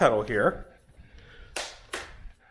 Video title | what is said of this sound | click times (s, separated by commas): WE FINALLY PICKED OUR STROLLER - Strolleria | with a color indicator so you can see it's red now that it's locked and | 1.6 s, 1.9 s